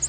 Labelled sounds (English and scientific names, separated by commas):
American Redstart (Setophaga ruticilla) flight call